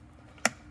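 A push-tab on a plastic wiring harness connector at the back of the engine ECU on a Yamaha YXZ1000R side-by-side is pressed while removing the ECU. A single sharp click sounds at 0.5 s as the connector latch releases. No one talks.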